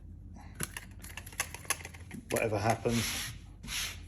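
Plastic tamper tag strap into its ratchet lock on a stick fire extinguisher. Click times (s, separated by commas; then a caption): 0.6 s, 0.8 s, 1.2 s, 1.4 s, 1.5 s, 1.7 s. A plastic ratcheting tamper tag strap is looped around a stick fire extinguisher and pushed into its ratchet lock so it won't fall off, giving a run of sharp ratchet clicks at 0.6, 0.8, 1.2, 1.4, 1.5 and 1.7 seconds. The tag clicks closed and is seated, and someone talks afterward.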